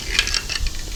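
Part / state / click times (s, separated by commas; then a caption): jumper cable connector into portable jump starter port / not seated / none. A square-sided jumper cable connector is lined up with the port of a Fanttik T8 Apex portable jump starter booster pack and pushed toward it. Light plastic handling and rubbing are heard, with brief sharp ticks near 0.2 s, 0.4 s and 1.0 s. Nothing has seated or clicked into place yet.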